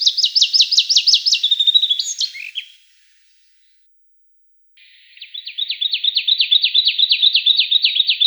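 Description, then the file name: Taiga flycatcher song: two bursts of rapid, evenly repeated high ticking notes separated by a pause of about two seconds, the second burst steady and rhythmic, no other sounds. "Muholovka malaja vostochnaja"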